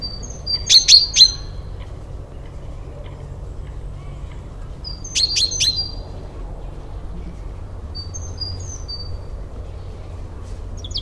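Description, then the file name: Common chaffinch giving short, sharp call notes in two tight bursts a few seconds apart, with fainter high notes later and a steady low background rumble. "Fringilla coelebs"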